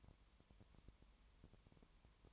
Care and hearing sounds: daily activity, microphone in the room; no activity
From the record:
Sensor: 3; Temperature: 20.5 degrees Celsius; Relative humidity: 32.9%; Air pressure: 1003.2 hPa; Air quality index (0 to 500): 106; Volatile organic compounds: 2 ppm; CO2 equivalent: 1072 ppm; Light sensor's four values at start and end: 2/3/2/2 and 2/3/2/2

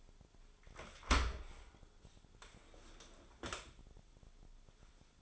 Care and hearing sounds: daily activity, microphone in the room; open dishwasher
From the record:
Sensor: 5

